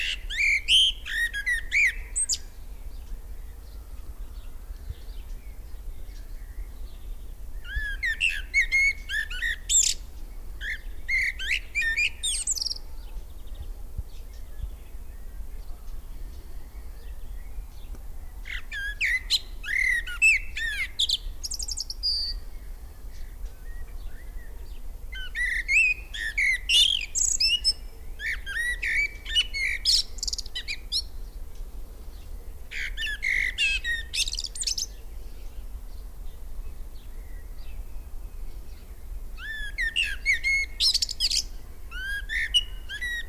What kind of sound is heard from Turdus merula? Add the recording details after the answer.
song. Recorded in the wild. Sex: male. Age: adult. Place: Lübars (Fließtal), Berlin, DE. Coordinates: 52.6167, 13.35. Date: 1998-06-13 18:18. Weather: fair, 15°C. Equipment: Sony MD-WM MZ-R3, Sennheiser MKH 416 T, Kopie Uher 4000 Report Monitor. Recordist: Tembrock, Günter